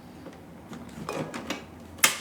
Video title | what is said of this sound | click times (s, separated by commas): Master Pilates Trainer, Daniel forms high protein recipes with a sexy smile with the Ninja Creami! | until you hear the click you must hear the click | 2.0 s